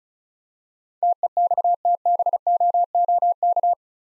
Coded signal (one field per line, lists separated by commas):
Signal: Morse code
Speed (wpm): 36 wpm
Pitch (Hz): 700 Hz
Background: none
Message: TEXTBOOK